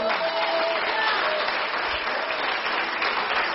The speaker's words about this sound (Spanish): Aplauda para el Señor.